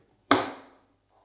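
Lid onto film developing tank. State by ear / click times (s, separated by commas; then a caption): seated / 0.3 s. The lid of a plastic film developing tank is turned until it clicks into its locked position. A single sharp, bright click lands at 0.3 s and rings out, fading by about 0.8 s. The lid is seated and secure.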